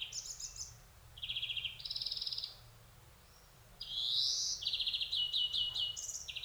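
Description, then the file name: European greenfinch producing rattling trills, a long buzzy rising wheeze, then a rapid run of clipped trilled notes. "Chloris chloris"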